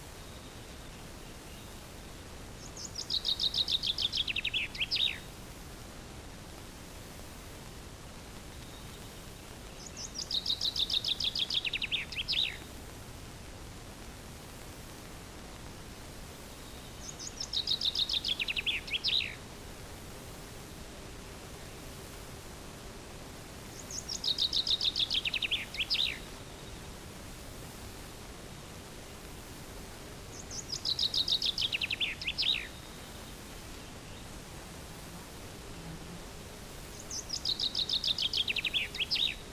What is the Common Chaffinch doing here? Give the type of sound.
song